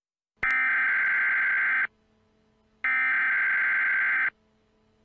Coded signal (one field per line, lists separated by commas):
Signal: Emergency Alert System (SAME) tones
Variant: header bursts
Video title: EAS Scneario#8: Grave Digger Grim Part 2